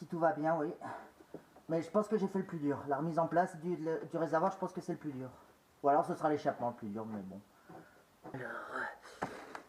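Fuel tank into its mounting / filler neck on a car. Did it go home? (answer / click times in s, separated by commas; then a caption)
partly / 9.2 s, 9.6 s. On a Peugeot 309 GRX D diesel, the fuel tank is refitted by pushing a tank part (the filler neck or the tank itself) into its mounting. Someone talks for most of the clip, then two sharp knocks are heard at 9.2 s and 9.6 s. The part has nested properly in place but is not yet pushed up all the way.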